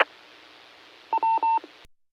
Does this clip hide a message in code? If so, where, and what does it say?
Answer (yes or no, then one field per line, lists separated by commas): no